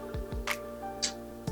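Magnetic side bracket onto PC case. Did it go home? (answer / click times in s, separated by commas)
no / none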